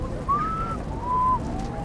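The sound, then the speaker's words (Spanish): Two clear whistled notes mimic the call of a bird from Tuluá, Colombia: a rising tone that levels off, a short pause, then a second flatter, steady note at a similar mid pitch, moderately loud over faint background hiss. “Y en Tuluá hay un pájaro que suena...”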